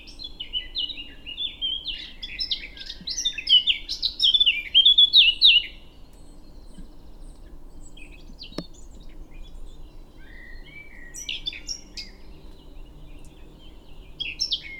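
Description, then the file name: Eurasian blackcap singing a hurried scratchy warble that builds into brighter whistled notes, then stops after about six seconds; a single sharp click and faint bird notes follow. "Sylvia atricapilla"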